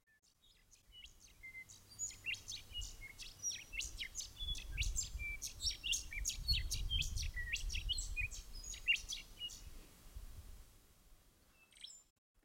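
Willie wagtail song: rapid, lively chattering of sharp chirps and short whistles, tumbling continuously for about ten seconds over a low, rumbling drone.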